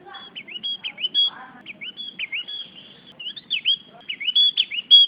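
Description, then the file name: Javan grey-throated white-eye song, a lively stream of high, rising and falling slurred chirps delivered rapidly. "opiorjawa"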